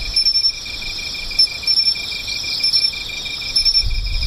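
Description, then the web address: Insects calling: steady pulsed chirps beneath a shimmering high trill, punctuated by short high buzzy bursts, with a low rumble at the end. "cats nishikawa 201110 mushinokoi"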